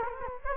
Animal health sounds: mosquito wingbeat signal from an infrared sensor; Culex quinquefasciatus

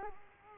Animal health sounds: mosquito wingbeat signal from an infrared sensor; Culex quinquefasciatus

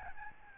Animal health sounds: mosquito wingbeat signal from an infrared sensor; Aedes albopictus

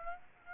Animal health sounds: mosquito wingbeat signal from an infrared sensor; Aedes aegypti

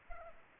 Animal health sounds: mosquito wingbeat signal from an infrared sensor; Culex pipiens

